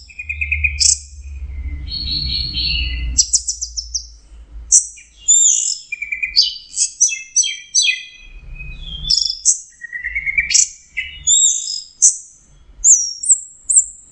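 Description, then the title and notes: Orange-headed thrush song, opening with lower whistles, then a fast stream of high chattering and whistled notes, with low rumbling noise at times. Masteran training recording for Anis Kembang (chestnut-capped thrush); Anis Merah teler song style. "Suara Burung Anis Merah Teler. Masteran Anis Kembang"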